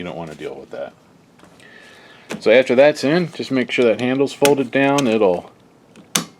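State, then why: Seated. Someone talks as the carry handle of a replacement Epson ELPLP89 lamp module, installed in a PowerLite 5040UB/6040UB projector, is folded down into its latch on the lamp housing. A single sharp, loud click at 6.2 s marks the handle seating into place.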